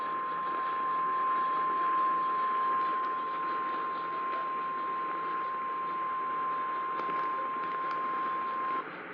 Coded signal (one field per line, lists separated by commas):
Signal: Emergency Alert System (SAME) tones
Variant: 1050 Hz attention tone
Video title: Eas LCH Tor on KLVI-AM Eas#2005